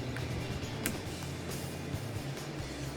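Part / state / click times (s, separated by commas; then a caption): hex output adapter onto planetary gearbox / seated / 0.2 s, 0.9 s. A 5 mm female hex output piece is snapped onto the end of a planetary gearbox, with sharp clicks at 0.2 s and 0.9 s over steady background music. The hex output seats in place on the gearbox.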